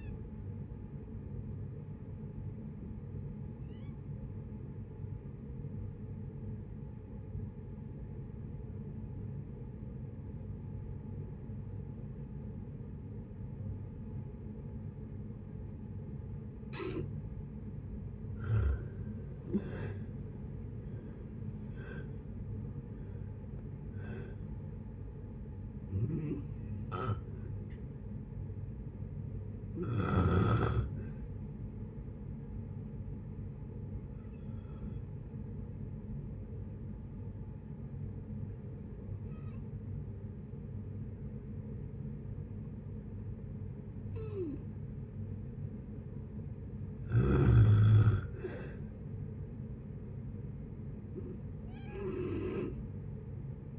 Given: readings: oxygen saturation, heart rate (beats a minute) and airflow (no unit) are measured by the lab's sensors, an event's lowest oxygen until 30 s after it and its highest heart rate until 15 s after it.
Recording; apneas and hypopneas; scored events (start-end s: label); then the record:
breathing in sleep by a smartphone at the bedside; 2
7.00-19.70 s: obstructive apnea (N2, oxygen 95% highest, then 81% lowest, heart rate 62 at the start, 76 highest)
36.00-49.80 s: hypopnea (N2, oxygen 96% highest, then 90% lowest, heart rate 57 at the start, 61 highest)
From the record:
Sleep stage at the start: N2 (light sleep); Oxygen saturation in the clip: 81 to 96%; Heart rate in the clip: 56 to 76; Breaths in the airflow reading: 11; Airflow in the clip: -8.3 to 7.0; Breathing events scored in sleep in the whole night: 496 in 5.4 hours asleep